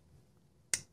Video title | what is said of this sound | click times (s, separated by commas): A brand new QSP buttonlock knife design… unboxing a 14C28N budget & nicer S35VN Grebe. | no blade rock on that let's see how we lock in we're going in see nice click | 0.7 s